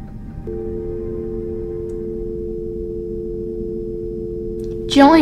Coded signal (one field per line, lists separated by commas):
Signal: telephone call progress tone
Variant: North America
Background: speech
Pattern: dial tone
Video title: DON'T. ANSWER. THAT. PHONE!